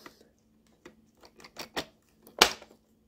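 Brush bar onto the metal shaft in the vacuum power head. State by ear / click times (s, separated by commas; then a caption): seated / 2.4 s. A brush bar is fitted onto the small metal shaft in the end of a Dyson DC23 vacuum power head and pushed until it engages the drive shaft. A series of light knocks and rattles comes before a loud, sharp click at 2.4 s as the brush bar seats.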